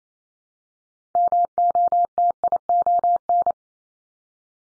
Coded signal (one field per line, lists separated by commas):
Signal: Morse code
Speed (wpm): 28 wpm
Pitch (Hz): 700 Hz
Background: none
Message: MOTION